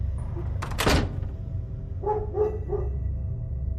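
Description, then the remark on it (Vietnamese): At midnight in a village, a dull thump, then a dog barks three times in quick succession, the barks moderately loud over a steady low rumble. No voices. “Nửa đêm bắt đầu có tiếng chó sủa râm ran từ đầu này chuyển qua đầu kia của làng.”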